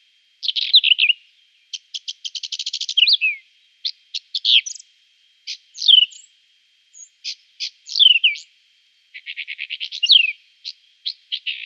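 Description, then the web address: Whinchat giving a long sequence of rattling buzzy trills, sharp ticks and quick slurred whistles, with brief gaps between phrases. "Schulze Peter Whinchat song"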